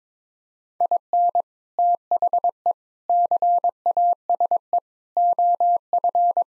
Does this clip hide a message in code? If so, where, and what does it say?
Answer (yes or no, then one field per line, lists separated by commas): yes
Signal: Morse code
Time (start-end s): 0.8-6.4 s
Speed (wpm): 22 wpm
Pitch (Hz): 700 Hz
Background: none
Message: IN THE CASE OF